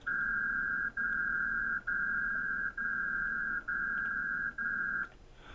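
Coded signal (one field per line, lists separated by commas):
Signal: HF data modem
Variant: PACTOR PSK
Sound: steady buzzy mid-pitched hiss band, briefly interrupted about six times, then stops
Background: low hum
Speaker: so that's what it sounds like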